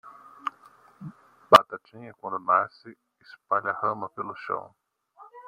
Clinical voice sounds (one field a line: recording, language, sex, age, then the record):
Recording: short text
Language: Brazilian Portuguese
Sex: male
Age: 40 to 49 years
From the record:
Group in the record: control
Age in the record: 49 years